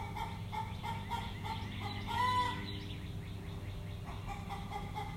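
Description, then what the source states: Chickens giving repeated harmonic clucking calls, one louder drawn-out note in the middle, over a steady low hum. Backyard hens in Greenville, recorded early on a summer morning in June 2020; the hens sound hungry.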